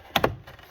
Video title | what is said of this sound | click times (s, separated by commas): This Will Change How You Use Ryobi Link!! | put it on where it tends to snap in place really well with the on | 0.2 s